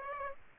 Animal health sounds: mosquito wingbeat signal from an infrared sensor; Aedes aegypti

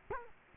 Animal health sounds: mosquito wingbeat signal from an infrared sensor; Culex quinquefasciatus

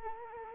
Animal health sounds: mosquito wingbeat signal from an infrared sensor; Anopheles gambiae

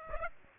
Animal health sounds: mosquito wingbeat signal from an infrared sensor; Aedes aegypti

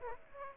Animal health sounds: mosquito wingbeat signal from an infrared sensor; Aedes aegypti

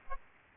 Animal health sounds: mosquito wingbeat signal from an infrared sensor; Aedes aegypti

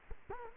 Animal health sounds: mosquito wingbeat signal from an infrared sensor; Culex quinquefasciatus

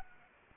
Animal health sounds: mosquito wingbeat signal from an infrared sensor; Anopheles arabiensis

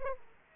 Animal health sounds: mosquito wingbeat signal from an infrared sensor; Aedes aegypti

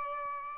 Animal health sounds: mosquito wingbeat signal from an infrared sensor; Aedes albopictus

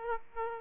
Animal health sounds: mosquito wingbeat signal from an infrared sensor; Aedes aegypti

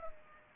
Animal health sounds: mosquito wingbeat signal from an infrared sensor; Culex pipiens

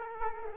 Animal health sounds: mosquito wingbeat signal from an infrared sensor; Culex quinquefasciatus

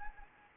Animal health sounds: mosquito wingbeat signal from an infrared sensor; Anopheles gambiae

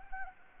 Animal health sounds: mosquito wingbeat signal from an infrared sensor; Anopheles arabiensis

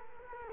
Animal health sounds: mosquito wingbeat signal from an infrared sensor; Culex quinquefasciatus

